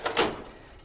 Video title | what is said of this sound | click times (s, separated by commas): Dell PowerEdge R750xs - How To Rack a Server - Server Racking - Sliding Rails - Rackmount Server | it's physically locked in. | 0.4 s